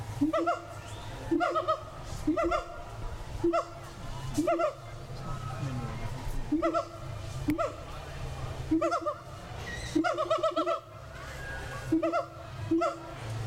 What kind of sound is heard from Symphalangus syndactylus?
call